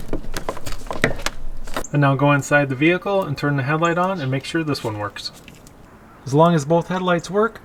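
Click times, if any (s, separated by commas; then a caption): 1.0 s. A plastic wiring connector is pushed straight onto the back of a new headlight bulb on a Ford Escape / Mercury Mariner, with sharp clicks and handling sounds in the first two seconds. The connector clicks into place at 1.0 seconds and is seated. Afterward someone talks.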